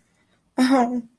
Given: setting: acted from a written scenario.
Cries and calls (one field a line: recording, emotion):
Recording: vocal sound without words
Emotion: distress